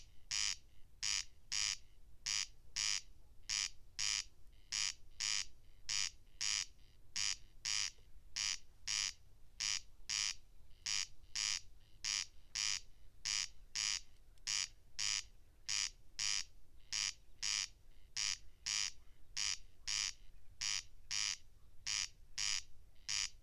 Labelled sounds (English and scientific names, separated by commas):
Corn Crake (Crex crex) song